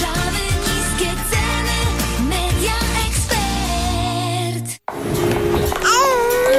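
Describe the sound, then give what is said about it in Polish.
A baby babbles in a string of high, sing-song coos with rising and falling pitch, then the sound cuts off abruptly and resumes with a few brighter, squealy vocal glides. “Jej, jaki śliczny dzidziuś.”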